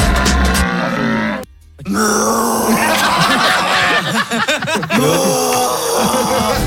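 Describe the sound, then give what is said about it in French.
A person on the NRJ radio station imitates a red deer's rutting bellow, taking turns in an on-air challenge, with loud, drawn-out guttural groans and roars, broken by a brief pause, with rough grunting textures throughout. “Si j'avais su un jour que je devrais faire le cri du brame, enfin le brame du cerf, pardon.”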